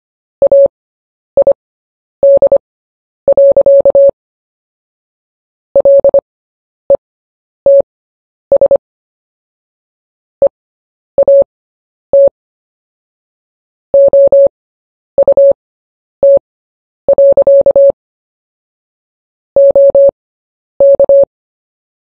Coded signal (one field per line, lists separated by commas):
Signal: Morse code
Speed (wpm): 25 wpm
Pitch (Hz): 560 Hz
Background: none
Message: AID. LETS EAT OUT. OK